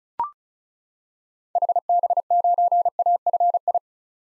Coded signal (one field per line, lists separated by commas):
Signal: Morse code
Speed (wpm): 36 wpm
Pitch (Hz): 700 Hz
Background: none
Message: HB9AFI